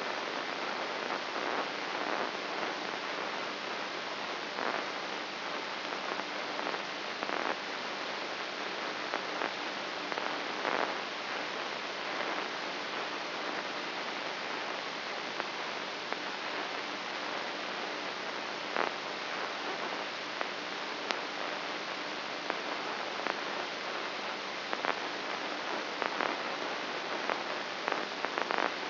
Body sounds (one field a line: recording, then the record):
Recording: brain microelectrode recording played as sound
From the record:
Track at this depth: outside the subthalamic nucleus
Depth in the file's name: 2.138 mm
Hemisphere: left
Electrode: 3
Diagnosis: Parkinson's disease